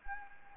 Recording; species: mosquito wingbeat signal from an infrared sensor; Anopheles gambiae